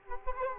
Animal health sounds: mosquito wingbeat signal from an infrared sensor; Culex quinquefasciatus

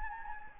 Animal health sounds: mosquito wingbeat signal from an infrared sensor; Anopheles gambiae

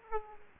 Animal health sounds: mosquito wingbeat signal from an infrared sensor; Aedes aegypti

